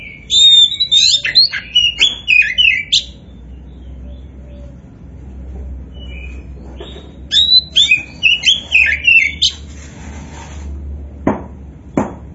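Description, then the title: Oriental magpie-robin song: two rich phrases of rapid, varied whistles and harsh chips, a pause between them, then a couple of sharp clicks near the end. Poci-type Oriental magpie-robin singing continuously and vigorously (gacor). "Kacer Poci Gacor"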